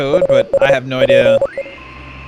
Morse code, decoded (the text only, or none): US P